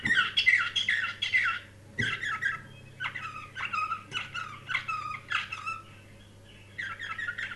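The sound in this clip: Canary singing bursts of chattering, twittering phrases with brief gaps between them, over a steady low hum.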